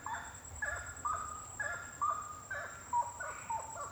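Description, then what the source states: Bird calls in short harmonic notes, repeated several times, over a steady shrill high tone. Birds singing at night, intense song.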